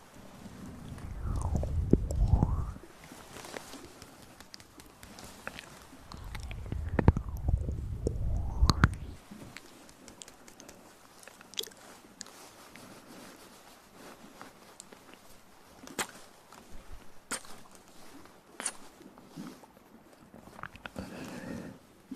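Mouth sounds and breathing: two heavy, low breaths swell and fade around the first and eighth seconds. After them come sparse wet clicks, smacks and crunchy bits scattered irregularly, with a soft low murmur underneath and a faint breath near the end.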